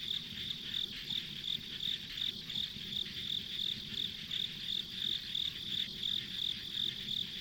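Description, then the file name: Rapid shrill insect chirps, close to three each second, sit over an unbroken high drone and gentle low rumbling. Ambient insect sounds on a rural country road. "田舎道の虫の環境音"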